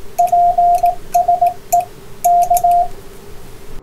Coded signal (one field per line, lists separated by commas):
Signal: Morse code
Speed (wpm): 18 wpm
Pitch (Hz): 700 Hz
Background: radio noise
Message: PSE K